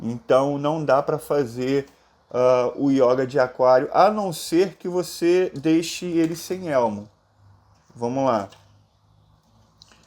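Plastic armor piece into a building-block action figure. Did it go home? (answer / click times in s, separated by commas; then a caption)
yes / 9.8 s. A plastic armor piece is fitted onto a building-block action figure, the Aquarius/Hyoga build of a Saint Seiya Champion Class figure shown without its helmet. Someone talks for most of the clip, then after a pause a sharp click is heard at 9.8 s as the piece snaps into place. The part is seated and fits.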